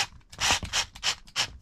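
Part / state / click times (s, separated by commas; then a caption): screw into RC car drivetrain housing / stripped / none. A driver gives a screw in the drivetrain housing of an Arrma Big Rock RC car a final light tightening. Four broadband rubbing, scraping bursts land at about 0.5, 0.8, 1.1 and 1.4 s, with no clean click between them. Nothing seats or clicks, and the screw is stripped.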